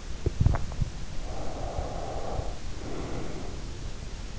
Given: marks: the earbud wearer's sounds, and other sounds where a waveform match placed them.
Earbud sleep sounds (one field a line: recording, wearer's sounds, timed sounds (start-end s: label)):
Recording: sounds in sleep by an in-ear microphone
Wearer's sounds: body movement, breath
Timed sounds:
0.17-0.92 s: body movement
1.32-3.48 s: breath